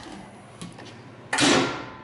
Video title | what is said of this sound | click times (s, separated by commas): Jet 708476 JJP-12HH 12" Planer Jointer with Helical Head Review! | locks into place with this | 1.3 s